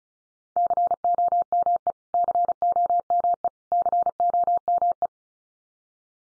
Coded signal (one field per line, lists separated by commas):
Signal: Morse code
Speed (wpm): 34 wpm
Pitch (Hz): 700 Hz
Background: none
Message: COME COME COME